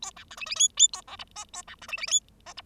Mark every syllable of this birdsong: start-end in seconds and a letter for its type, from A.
0.02-0.11 A, 0.16-0.24 B, 0.30-0.36 C, 0.37-0.46 D, 0.46-0.55 D, 0.56-0.68 E, 0.77-0.88 E, 0.93-1.01 A, 1.07-1.17 F, 1.19-1.24 G, 1.35-1.45 H, 1.53-1.62 A, 1.67-1.75 B, 1.81-1.87 C, 1.88-1.97 D, 1.97-2.07 D, 2.07-2.20 E, 2.46-2.53 H, 2.57-2.62 G